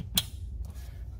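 A push-button-release quick-connect fitting on the longer J&L oil catch can hose, routed around the oil fill on a Silverado, Sierra, Tahoe, Suburban or Yukon, is pushed onto the intake manifold PCV fitting. A single sharp click sounds at 0.2 s over a low background hum. The fitting is seated.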